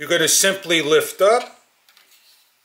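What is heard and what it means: Someone talks for the first 1.6 seconds while starting to lift the telescoping height-adjust pole in the base of a Primevolve portable oscillating standing fan, a rechargeable battery-operated USB floor fan, to raise its height. After that, only faint handling sounds come through near 1.9 and 2.0 seconds. The pole is being handled but is not yet home, and nothing has seated or clicked yet.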